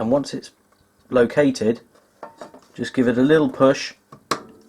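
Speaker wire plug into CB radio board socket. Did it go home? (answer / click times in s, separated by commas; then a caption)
yes / 4.3 s. Someone talks while the speaker lead plug of an Anytone AT5555 CB radio is fed down by its wires into its socket on the radio board and given a little push. A sharp click at 4.3 s marks the plug locking into the socket, seated.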